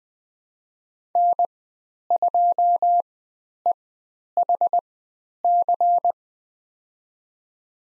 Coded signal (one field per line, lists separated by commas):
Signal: Morse code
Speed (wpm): 20 wpm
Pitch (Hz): 700 Hz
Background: none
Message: N2EHC